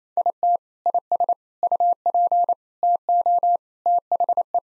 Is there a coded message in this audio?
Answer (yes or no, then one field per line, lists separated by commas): yes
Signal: Morse code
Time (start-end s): 0.2-4.6 s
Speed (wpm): 27 wpm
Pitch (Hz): 700 Hz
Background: none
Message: IT IS UP TO THE